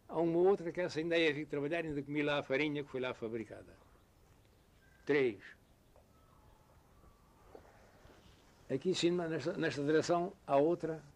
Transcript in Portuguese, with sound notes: há uma outra – que essa ainda a eu vi trabalhar, ainda comi lá a farinha que foi lá fabricada. Três. [pausa] Aqui em cima nesta nesta direcção há outra